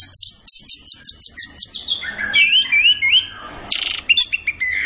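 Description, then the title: Orange-headed thrush song: a quick series of sharp repeated high notes, then looping whistled phrases that rise and fall, ending in scratchy chatter. Kept songbird singing gacor (vigorously and continuously), used as masteran to train other birds in Indonesian songbird keeping (kicau mania). "Anis Kembang Gacor. Kicau Mania Masteran Anis Kembang"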